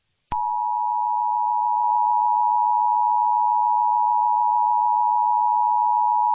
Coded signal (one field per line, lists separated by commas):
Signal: Emergency Alert System (SAME) tones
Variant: 853 and 960 Hz attention tone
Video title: EAS Scenario - Inanimate Awakening -